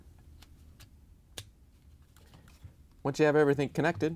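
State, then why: Seated. A top plastic harness connector with red and green wires is pushed onto a Samsung washer door lock switch assembly, DC64-00519D, and clicks into place at 1.4 s, seating the connector. Faint small ticks sound around it, and someone talks from about 3.0 s.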